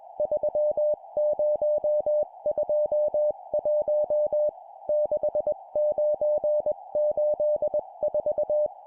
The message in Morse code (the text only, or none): 3021 6984